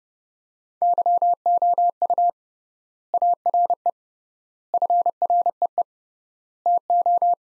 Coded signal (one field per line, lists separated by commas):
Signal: Morse code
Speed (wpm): 32 wpm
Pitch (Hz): 700 Hz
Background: none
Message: YOU ARE FREE TO